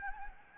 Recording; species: mosquito wingbeat signal from an infrared sensor; Anopheles gambiae